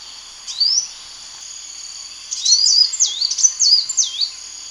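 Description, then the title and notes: Bird song: a single rising whistle, then a run of looping whistled phrases that swoop down and up, over a constant high hum. "Bird Sound. Kicau Burung Lengkap"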